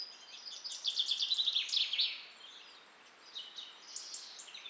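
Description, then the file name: European robin, a rapid trill of high repeated notes early on, then quieter scratchy warbled phrases, with a constant soft hiss behind. "Erithacus rubecula"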